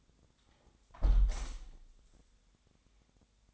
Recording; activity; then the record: daily activity, microphone in the room; close window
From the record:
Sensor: 3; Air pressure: 1000.4 hPa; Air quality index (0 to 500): 132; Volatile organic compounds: 2 ppm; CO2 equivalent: 1153 ppm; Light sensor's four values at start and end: 14/36/14/16 and 13/35/14/15